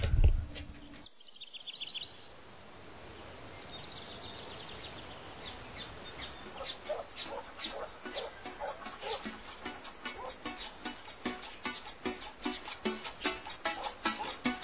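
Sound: roosters crowing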